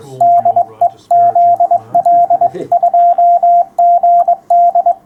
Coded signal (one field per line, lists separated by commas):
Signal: Morse code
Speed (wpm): 22 wpm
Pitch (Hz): 700 Hz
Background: radio noise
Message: DE ZL2GD